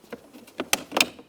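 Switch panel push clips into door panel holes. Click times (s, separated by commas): 0.7 s, 1.0 s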